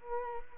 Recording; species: mosquito wingbeat signal from an infrared sensor; Culex quinquefasciatus